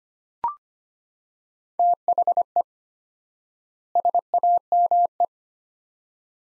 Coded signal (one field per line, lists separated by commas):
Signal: Morse code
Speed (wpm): 25 wpm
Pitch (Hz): 700 Hz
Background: none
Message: THE SAME